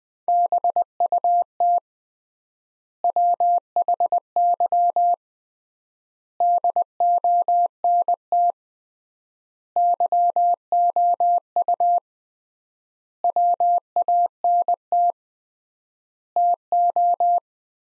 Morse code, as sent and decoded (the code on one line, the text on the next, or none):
-... ..- - / .-- .... -.-- / -.. --- -. - / -.-- --- ..- / .-- .- -. - / - ---
BUT WHY DONT YOU WANT TO